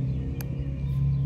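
A metal cap is clicked onto a Lattafa Pride Collection Al Qiam Silver eau de parfum bottle (a Bvlgari Tygar clone) for a second time. A single sharp, bright click sounds at 0.4 s over a steady low hum. The cap seats firmly and is very secure.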